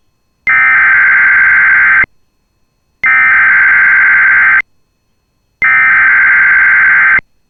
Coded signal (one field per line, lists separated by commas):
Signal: Emergency Alert System (SAME) tones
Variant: header bursts